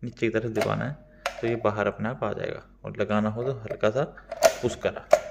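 Someone talks throughout while handling an oxygen flowmeter and humidifier adapter at a hospital wall oxygen outlet, after releasing it by pressing the button down and preparing to push it back in lightly. Faint small knocks come through under the talking. Nothing has seated or clicked into the outlet yet.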